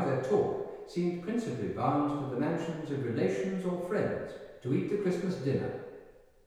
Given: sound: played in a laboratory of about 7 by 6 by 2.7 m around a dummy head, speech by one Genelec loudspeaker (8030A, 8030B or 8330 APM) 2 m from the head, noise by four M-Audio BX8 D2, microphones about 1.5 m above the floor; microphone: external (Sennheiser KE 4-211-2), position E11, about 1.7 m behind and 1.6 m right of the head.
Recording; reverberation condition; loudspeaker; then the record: male speech in English; high; 30 degrees to the left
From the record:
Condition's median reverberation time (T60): about 1300 ms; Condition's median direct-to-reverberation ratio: about -4.0 dB